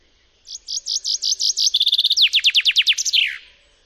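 Common chaffinch song: a run of repeated high downslurred notes, then a faster trill phrase, ending in a falling flourish, all within about three seconds.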